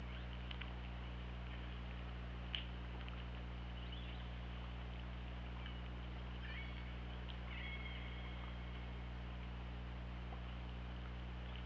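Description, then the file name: Killer whale call, a drawn-out tone that rises, then holds level, with faint harmonics, amid a constant low hum and occasional sharp clicks. Recorded on the OrcaLab hydrophone, underwater, on 24 August 2017 at 21:04. "Orca Lab 20170824 210415"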